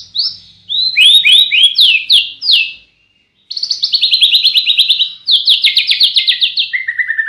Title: Masteran Murai Batu